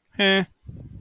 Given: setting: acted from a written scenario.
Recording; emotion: vocal sound without words; neutral